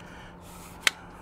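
The safety locking clip on a SpaceVac external gutter cleaning system is fitted to hold the vacuum hose to the bottom carbon pole. After quiet low background noise, a single sharp, bright click sounds at 0.9 s as the lock drops into place. The clip is seated.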